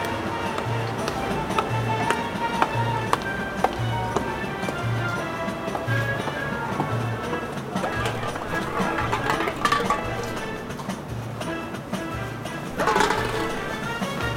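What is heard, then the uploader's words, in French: A busy narrow street in a working-class neighbourhood, full of overlapping voices and footsteps and clatter. A steady low thumping beat pulses about twice a second throughout, like music from a doorway, and a louder burst of activity rises near the end. La compositrice Marie-Hélène Bernard tend son micro dans les ruelles du quartier populaire de Belsunce, à Marseille.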